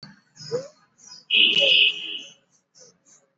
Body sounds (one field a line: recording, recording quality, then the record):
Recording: shallow breathing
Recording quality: moderate, slight background noise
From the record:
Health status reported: exposed to COVID-19, no respiratory illness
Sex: male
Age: 20 years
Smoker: no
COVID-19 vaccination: both doses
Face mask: worn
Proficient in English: yes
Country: India